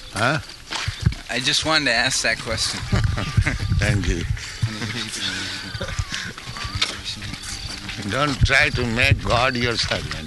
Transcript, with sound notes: Eh?
I just wanted to ask that question.
[laughs] Thank you. Don't try to make God your servant.